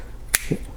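A small battery pack for an OMP Hobby M2 v2 RC helicopter is lined up with its plastic battery holder, slid in and pushed until its clip snaps home. A sharp, bright snap is heard at 0.4 s, followed by a softer low thump around 0.5 s. The battery pack is seated in the holder.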